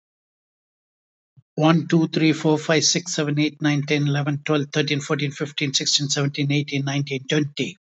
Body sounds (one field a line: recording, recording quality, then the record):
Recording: counting at a fast pace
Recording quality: excellent, no background noise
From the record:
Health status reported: healthy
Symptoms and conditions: none ticked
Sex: male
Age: 70 years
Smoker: not ticked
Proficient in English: yes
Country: India